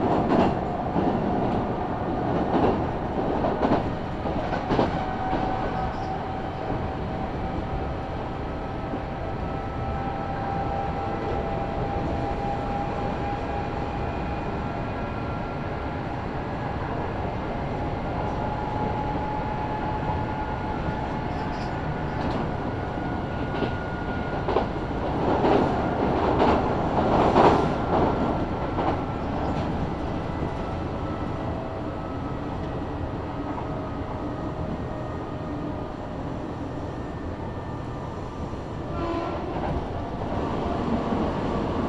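Inside a moving express train, a steady rumble with whining motor tones and clattering bursts near 3, 25 and 28 seconds.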